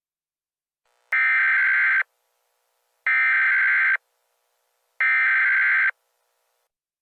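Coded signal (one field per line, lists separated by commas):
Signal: Emergency Alert System (SAME) tones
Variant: header bursts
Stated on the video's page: Fictional Halloween EAS scenario, produced with Audacity and Sitepal/Balabolka.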